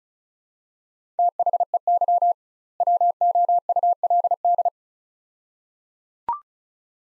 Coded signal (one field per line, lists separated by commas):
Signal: Morse code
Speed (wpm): 36 wpm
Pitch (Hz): 700 Hz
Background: none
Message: THEY WOULD